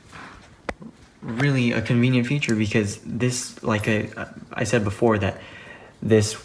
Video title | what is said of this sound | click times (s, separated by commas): Hot Toys Gladiator Hulk Thor: Ragnarok 1:6 Scale Action Figure Review | snaps into place like that and it is really really | 0.7 s